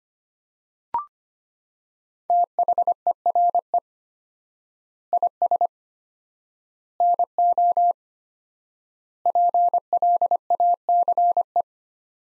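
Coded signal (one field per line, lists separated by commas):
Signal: Morse code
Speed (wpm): 25 wpm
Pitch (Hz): 700 Hz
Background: none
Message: THERE IS NO PLACE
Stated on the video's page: Morse practice sentences from the top 200 words at 25 wpm with 4x standard word spacing, a word-based Farnsworth-like method for head-copy practice.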